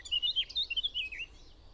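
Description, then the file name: Eurasian blackcap song: a quick, clear warbled phrase of rising and falling whistled notes lasting about a second, then fading away. "Sylvia atricapilla"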